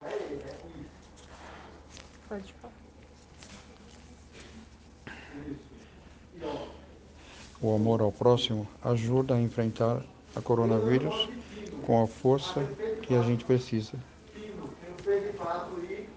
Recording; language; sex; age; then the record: spoken sentence; Brazilian Portuguese; male; 60 to 69 years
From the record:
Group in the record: respiratory insufficiency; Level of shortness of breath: 5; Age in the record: 60 years